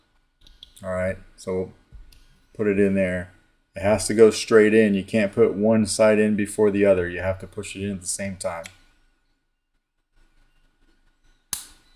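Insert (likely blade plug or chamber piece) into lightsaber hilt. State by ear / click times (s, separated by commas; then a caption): seated / 11.5 s. A tight-fitting insert is pushed straight into a lightsaber hilt, both sides at once, while someone talks. After a few quiet seconds, a single sharp snap at 11.5 s marks the insert seating in place.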